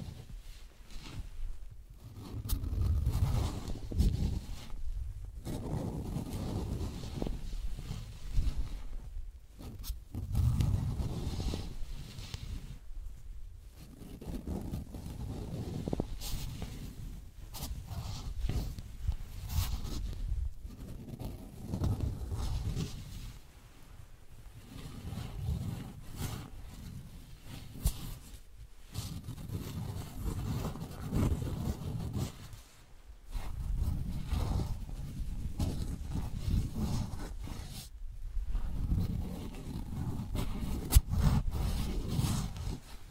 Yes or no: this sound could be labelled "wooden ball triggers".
yes